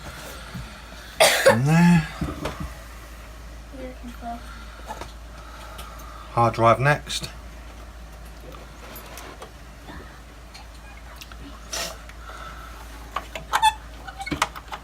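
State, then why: Not seated. While an Xbox One console is being reassembled, its internal hard drive is handled near its plastic mount in the console's drive bay as someone talks, with short sharp taps and handling knocks near the end. The clip stops before the drive goes home: nothing has seated or clicked yet.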